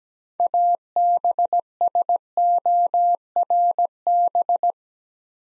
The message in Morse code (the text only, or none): ABSORB